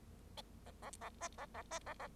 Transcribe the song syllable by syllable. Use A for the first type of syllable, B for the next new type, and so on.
A A A B A A B A A